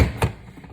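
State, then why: Seated. A plastic pattern cartridge for a Creative Memories border maker is slid into the cartridge holder with its pegs lined up to the notches and pressed down until it locks and can't move any further. A single sharp snap is heard at 0.2 seconds, following a brief low rumble. The cartridge is seated.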